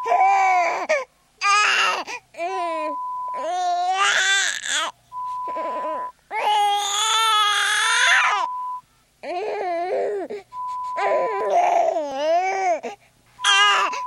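An infant crying: about eight loud, high-pitched wailing cry bursts, each a second or two long, separated by short catch-breaths. A steady beep tone sounds repeatedly across it.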